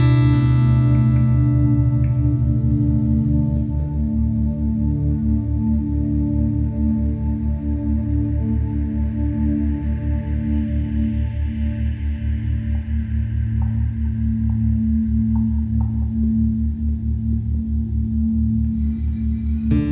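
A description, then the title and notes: Binaural beats: a steady, low drone of layered sustained tones, with a regular pulsing throb running through the bass. A soft, airy wash swells gently in the middle and fades, and faint brief tinkles appear near the end, like a resonant bowl. Deep Meditation with Soft Music and Theta Brainwaves. Brainwave Entrainment using Binaural Beats.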